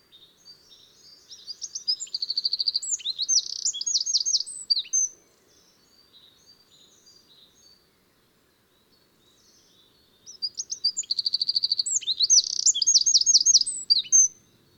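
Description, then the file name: Eurasian wren singing two long, explosive bursts of fast rattling trills and high ticking notes, each about four seconds, with a quiet pause between. "Troglodytes troglodytes"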